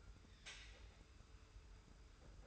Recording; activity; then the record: daily activity, microphone in the room; take from stove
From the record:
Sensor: 2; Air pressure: 991.0 hPa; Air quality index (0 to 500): 110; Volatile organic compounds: 49 ppm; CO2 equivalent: 3289 ppm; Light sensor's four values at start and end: 34/102/40/38 and 34/102/40/38